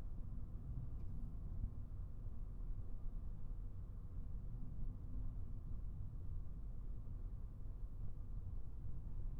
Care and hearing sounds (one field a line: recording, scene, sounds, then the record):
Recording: everyday scene through a hearing-aid microphone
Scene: in a vehicle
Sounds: engine, traffic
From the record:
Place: Skoda Fabia, gasoline engine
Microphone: behind the ear, right, rear